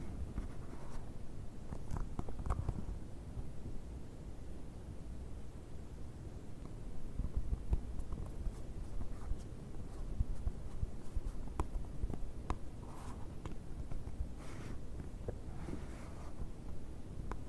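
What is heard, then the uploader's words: A box is handled, with rough scratching and rubbing against cardboard running throughout. Sharp clicks and brief scrapes break in every second or two, clustering around 2–3 seconds and again near 12–16 seconds, over a steady low rumble. ASMR BOX OPENING, BOX SCRATCHING NO TALKING.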